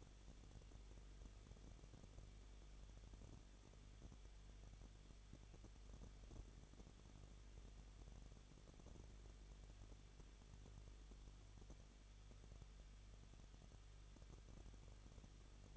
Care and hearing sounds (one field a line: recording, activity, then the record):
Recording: daily activity, microphone in the room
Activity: no activity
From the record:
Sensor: 4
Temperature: 23.0 degrees Celsius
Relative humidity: 34.3%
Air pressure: 1007.3 hPa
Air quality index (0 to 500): 217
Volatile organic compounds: 15 ppm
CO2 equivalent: 2514 ppm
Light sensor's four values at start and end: 2/3/1/1 and 2/3/1/1